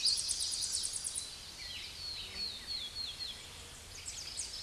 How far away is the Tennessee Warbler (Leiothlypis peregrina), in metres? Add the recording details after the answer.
about 40 m. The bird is about 10 m above the microphone. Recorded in a Pennsylvania forest on 16 May 2024 at 08:30. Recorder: AudioMoth, point MSD-0526. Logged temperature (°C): 16.6 °C. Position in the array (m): 73 m, 203 m